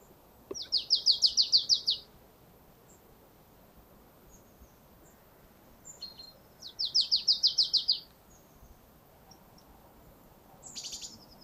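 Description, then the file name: Marsh tit call: two quick, high, scratchy rattling series of about eight notes each, several seconds apart, with a brief high burst near the end. "Poecile palustris"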